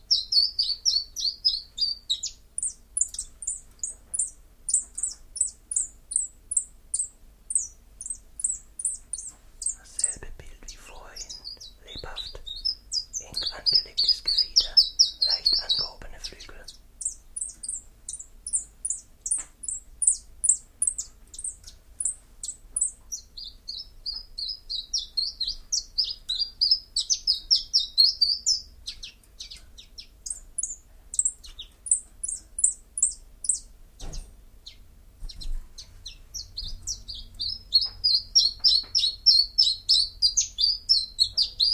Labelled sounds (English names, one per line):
Common Chiffchaff song